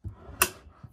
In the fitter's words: you'll hear them click just like that.